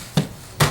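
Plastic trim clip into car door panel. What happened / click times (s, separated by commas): The trim panel clip snapped into place / 0.6 s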